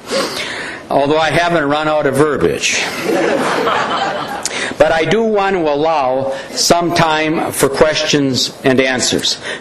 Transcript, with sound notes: Although I haven't run out of verbiage (Laughter) But I do want to allow some time for questions and answers